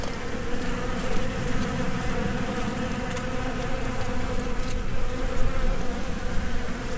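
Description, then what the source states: Constant bee buzzing, a rich humming drone with gentle rises and falls in loudness and a few faint ticks. Recorded between 2010 and 2012 during professional travels.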